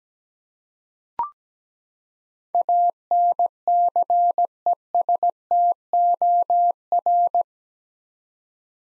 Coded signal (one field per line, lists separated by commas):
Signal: Morse code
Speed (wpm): 17 wpm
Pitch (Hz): 700 Hz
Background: none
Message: ANCESTOR